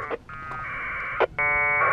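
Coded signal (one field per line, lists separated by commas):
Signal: packet radio (AX.25, as in APRS)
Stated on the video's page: Packet Winlink on 2m from a portable emergency-communications go box using a Kenwood TM-D710G and roll-up J-pole antenna.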